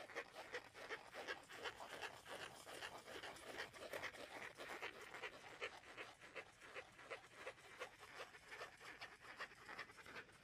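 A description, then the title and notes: Tapping and scratching on wood, cork and cardboard, with rapid, dense strokes packed closely through the whole ten seconds. The sound is dry and bright, a steady rustling scrape broken by quick taps at a fairly even pace, with no voice. ASMR tapping and scratching (no talking) wood cork cardboard.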